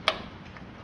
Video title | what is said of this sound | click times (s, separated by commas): Changing CMOS battery ( cell ) of your PC Fixing bios and time reset issue #CMOS #battery #PC | Just press it and until you hear the click sound. | 0.1 s